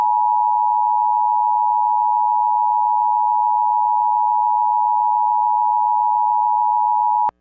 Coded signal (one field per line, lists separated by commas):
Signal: Emergency Alert System (SAME) tones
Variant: 853 and 960 Hz attention tone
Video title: EAS MOCK 49- AMBER ALERT FOR MISSISSIPPI